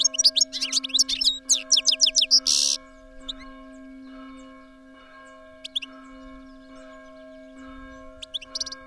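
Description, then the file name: European goldfinch giving a fast tinkling twitter for about three seconds, then scattered single chirps over a steady low hum. "tengelic"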